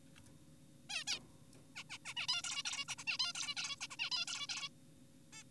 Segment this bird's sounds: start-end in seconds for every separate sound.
0.90-1.04, 1.07-1.19, 1.76-1.84, 1.90-1.98, 2.06-2.14, 2.17-2.27, 2.28-2.42, 2.44-2.63, 2.65-2.85, 2.88-2.95, 2.98-3.04, 3.07-3.18, 3.20-3.33, 3.35-3.55, 3.57-3.76, 3.81-3.88, 3.91-3.96, 3.99-4.10, 4.12-4.26, 4.28-4.47, 4.49-4.68, 5.33-5.43